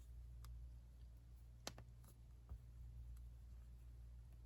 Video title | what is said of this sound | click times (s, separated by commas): EASY Scrap buster Mushrooms!! - Crochet Stim / Fidget toy Tutorial | with the satisfying snappy sound. | 1.7 s